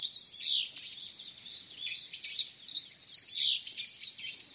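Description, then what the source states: Meadow bunting song with busy high-pitched twitters and trills, a louder stuttering burst in the middle before the song continues to the end. Recorded on the Senami coast, Niigata Prefecture, Japan.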